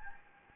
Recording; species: mosquito wingbeat signal from an infrared sensor; Anopheles gambiae